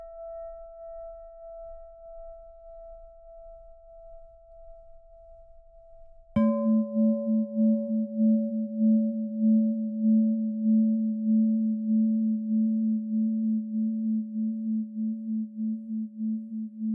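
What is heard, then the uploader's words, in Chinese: A singing bowl rings for meditation: a high, pure tone fades softly over a faint low hum for about six seconds. Then a second, lower bowl is struck and blooms loud and full, its deep tone wavering in slow, steady pulses until the end. 頌缽冥想。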